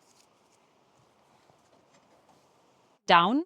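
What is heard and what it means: The bike carrier arm on the rear of a camper van is pulled down toward its bottom lock position, with quiet low rustling for about three seconds. Someone then talks briefly near the end. Nothing has seated or clicked yet.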